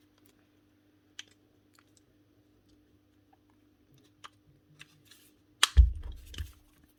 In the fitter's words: Just clicks into place.